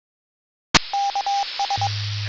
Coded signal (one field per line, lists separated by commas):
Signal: Morse code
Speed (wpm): 22 wpm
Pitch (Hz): 800 Hz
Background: none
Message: KS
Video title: SWL Open Mic Net on the East Coast Reflector 2025 04 30 210334